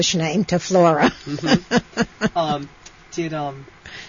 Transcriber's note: she laughs